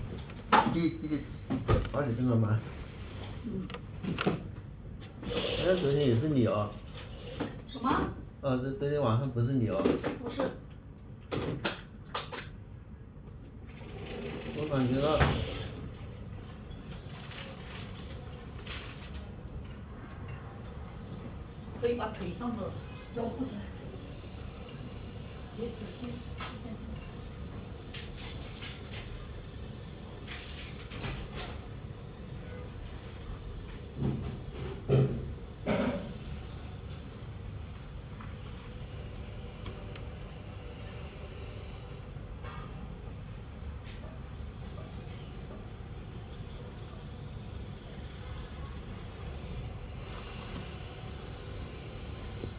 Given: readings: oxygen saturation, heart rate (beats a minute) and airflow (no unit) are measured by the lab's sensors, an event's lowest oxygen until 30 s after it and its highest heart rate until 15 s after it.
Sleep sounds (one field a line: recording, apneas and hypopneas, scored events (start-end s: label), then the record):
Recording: a person awake in a sleep study, by a smartphone at the bedside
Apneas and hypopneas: none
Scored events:
0.00-52.59 s: awake
From the record:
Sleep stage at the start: awake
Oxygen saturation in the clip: 96 to 97%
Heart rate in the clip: 45 to 92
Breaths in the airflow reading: 13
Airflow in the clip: -7.8 to 9.3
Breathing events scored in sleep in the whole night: 182 in 7.4 hours asleep